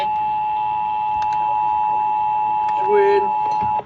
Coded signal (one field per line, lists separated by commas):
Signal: Emergency Alert System (SAME) tones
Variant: 853 and 960 Hz attention tone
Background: speech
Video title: EAS #254 Severe Thunderstorm Warning On KSCS-FM